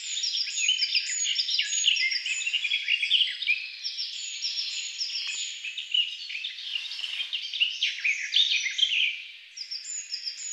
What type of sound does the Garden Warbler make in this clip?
song